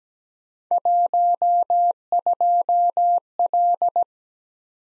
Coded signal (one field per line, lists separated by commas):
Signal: Morse code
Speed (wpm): 17 wpm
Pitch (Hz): 700 Hz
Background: none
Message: 12L